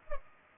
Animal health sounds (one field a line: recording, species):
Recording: mosquito wingbeat signal from an infrared sensor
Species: Culex pipiens